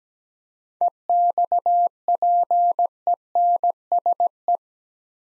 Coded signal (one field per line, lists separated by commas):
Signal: Morse code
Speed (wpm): 17 wpm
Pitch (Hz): 700 Hz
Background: none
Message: EXPENSE